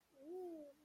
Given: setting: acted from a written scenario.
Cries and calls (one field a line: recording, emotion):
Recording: vocal sound without words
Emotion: fear